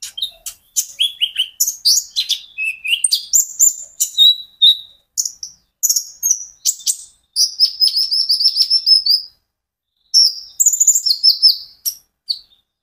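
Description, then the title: Van Hasselt's sunbird song: rapid high-pitched sharp chips and thin buzzy trills, delivered in quick bursts with a brief pause near the end. Caged bird; steady, vigorous song used as a lure to prompt and train other caged sunbirds to sing in reply. "KOLIBRI NINJA KONIN IJOAN GACOR COCOK UNTUK PANCINGAN TERAPI KONIN BAHAN PASTI NYAUT"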